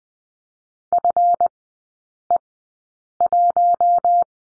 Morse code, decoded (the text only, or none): FE1